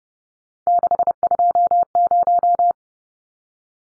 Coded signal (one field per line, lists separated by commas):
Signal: Morse code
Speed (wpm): 30 wpm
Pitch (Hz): 700 Hz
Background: none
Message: 620